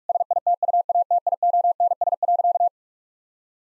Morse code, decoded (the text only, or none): SITUATIONS.